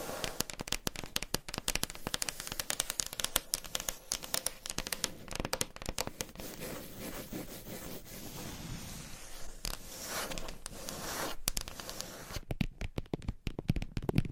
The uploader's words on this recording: ASMR Scratching & Tapping for People with Short Attention Span ASMR for ADHD - No Talking.